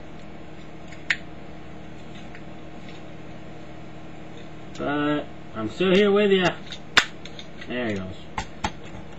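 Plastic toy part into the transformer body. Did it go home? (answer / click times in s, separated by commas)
yes / 8.4 s, 8.6 s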